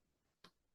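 A DVD disc that kept falling out of its case is pressed onto the plastic centre hub of the case. A single sharp tick at 0.5 s stands out against a quiet background. The disc seats on the hub.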